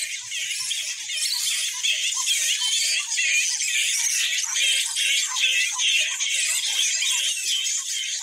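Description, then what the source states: Flying fox colony chatter: a dense, constant wall of shrill squeaks and squabbling screeches, with quick lower notes repeated over and over throughout. Colony on the Yarra River in Melbourne, Australia; described as one of the last fragments of ancient acoustic Australia.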